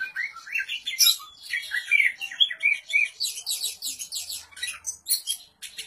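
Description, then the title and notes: Oriental magpie-robin singing a rich, fast medley of clear whistled phrases mixed with scratchy chattering notes, delivered continuously at high pitch. "suara kacer. kumpulan suara burung kacer"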